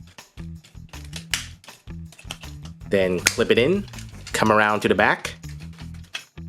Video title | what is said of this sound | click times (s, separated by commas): Tobot X - 10th Anniversary Review / 또봇 10주년 기념 원어민 영어 리뷰 - 또봇 X | collapsing the chest push that down until you hear click then | 1.3 s